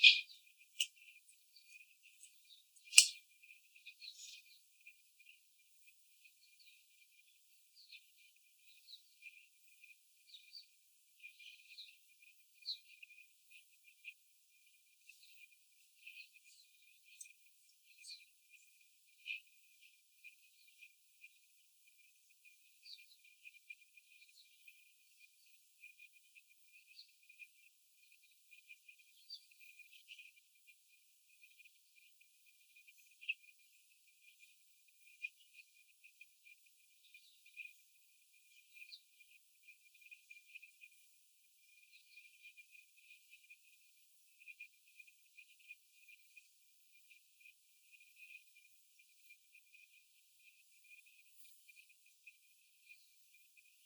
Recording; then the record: young laying hens in a cage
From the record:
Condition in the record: before the stressor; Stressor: sudden umbrella opening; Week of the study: 3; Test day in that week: 2